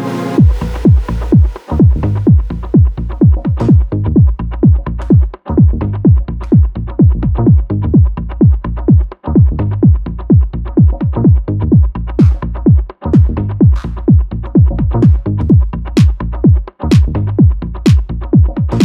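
Steady, muffled low thumps at about 128 per minute over a soft whoosh: a relaxing womb-style heartbeat, heart sounds as heard in the womb.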